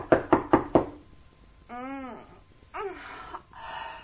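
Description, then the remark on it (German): Four quick, firm knocks on a bedroom door in an even rhythm, followed by a few drawn-out, wavering vocal sounds, like a sleepy voice answering. “Dann klopfte er an die Schlafzimmertür.”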